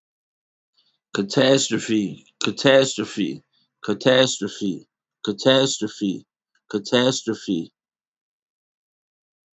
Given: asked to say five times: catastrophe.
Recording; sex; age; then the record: repeated word; male; 40 to 49 years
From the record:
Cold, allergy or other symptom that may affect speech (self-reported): no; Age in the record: 45 years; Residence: Illinois, United States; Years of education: 18